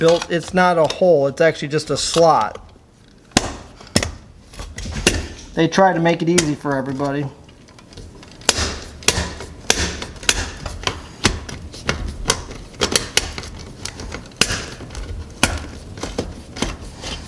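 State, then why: Stripped. Someone talks while a driver works the slotted metal fasteners holding a coin box in a laundromat machine. The tool keeps slipping off the fastener head because the fasteners are hard to get onto, giving sharp clicks at 8.5, 9.1, 9.7, 10.3, 13.2 and 14.4 seconds. The fastener ends up stripped.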